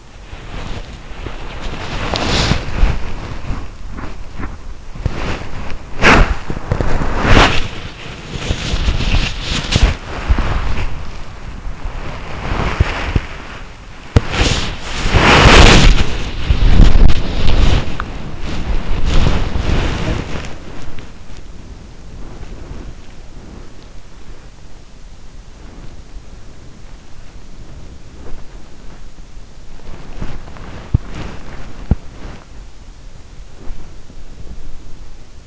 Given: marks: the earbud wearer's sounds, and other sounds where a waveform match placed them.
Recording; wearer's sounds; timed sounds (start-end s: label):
sounds in sleep by an in-ear microphone; body movement, breath
0.00-35.47 s: body movement
25.44-26.20 s: breath